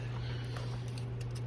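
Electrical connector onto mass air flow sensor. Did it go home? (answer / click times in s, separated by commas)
yes / 1.0 s, 1.2 s, 1.4 s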